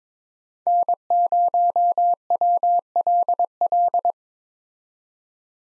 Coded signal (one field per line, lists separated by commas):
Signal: Morse code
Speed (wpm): 22 wpm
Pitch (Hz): 700 Hz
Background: none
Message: N0WLL